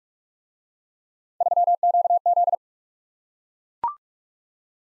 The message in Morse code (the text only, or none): 3QZ